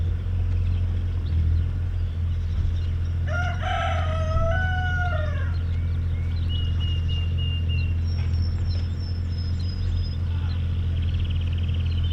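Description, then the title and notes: Chicken crowing, one loud drawn-out rooster crow, with small birds chirping and whistling, over a heavy low mechanical rumble. Recorded Saturday 18 May 2019 in Siemianowice Śląskie, Poland, with lawn mowing, a compact excavator digging and birds twittering; Zoom H5 with Audio-Technica BP4025. "Poranna 1, 41-103 Siemianowice Śląskie, Polska - Kury, kosiarka i koparka. Sobota, 18 maja 2019. Kury, ktoś kosi trawnik, ktoś kopie koparką, ktoś spaceruje. Ptaki świergoczą. Zarejestrowano w ramach projektu Nagrania terenowe Siemianowic Śląskich - Dźwiękowy Portret Miasta"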